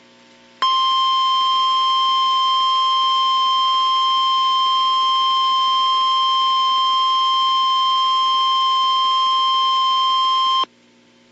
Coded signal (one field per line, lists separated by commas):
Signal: Emergency Alert System (SAME) tones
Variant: 1050 Hz attention tone